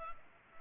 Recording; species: mosquito wingbeat signal from an infrared sensor; Culex pipiens